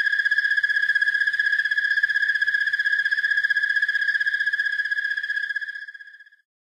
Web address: Natures Songs N America Songs of Insects -Broad-winged Tree Cricket